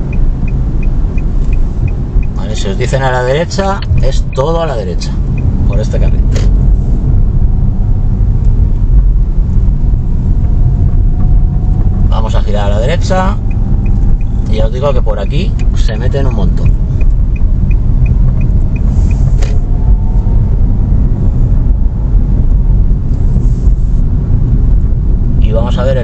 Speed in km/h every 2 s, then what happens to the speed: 37, 34, 34, 34, 31, 27, 25, 26, 25, 23, 20, 30, 29.
0-7 steady at about 34. 7-10 slows to 27.